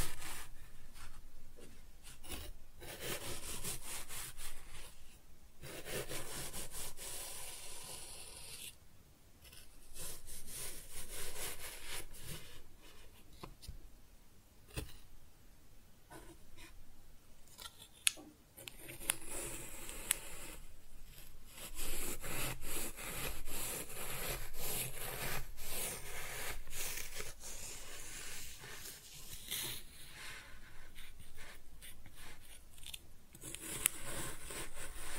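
Kinetic sand being cut and scooped, heard as soft, grainy rasping and crumbling that runs in bursts of a few seconds with brief quiet gaps between them. The scraping is bright and hissy, with a few sharp clicks near 18 and 34 seconds.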